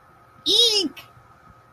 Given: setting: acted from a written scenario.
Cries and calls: vocal sound without words; disgust

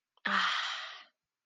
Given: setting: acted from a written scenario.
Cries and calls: vocal sound without words; ecstasy

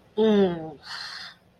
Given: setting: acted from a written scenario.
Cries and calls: vocal sound without words; shame

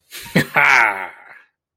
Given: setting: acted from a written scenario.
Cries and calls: vocal sound without words; triumph

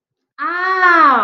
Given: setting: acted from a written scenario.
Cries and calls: vocal sound without words; awe

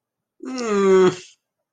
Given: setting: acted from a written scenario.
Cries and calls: vocal sound without words; disgust

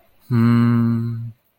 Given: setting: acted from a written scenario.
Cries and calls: vocal sound without words; serenity

